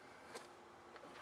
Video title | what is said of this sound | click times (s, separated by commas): Mustang Fuel Filter Replacement - SN95/New Edge 1994-2004 | that click means it's in place and then we then uh attach the security fitting | 1.0 s